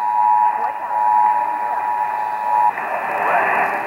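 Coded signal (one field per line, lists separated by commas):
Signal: Emergency Alert System (SAME) tones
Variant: 853 and 960 Hz attention tone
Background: speech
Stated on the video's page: Real EAS test alerts captured in October 2021.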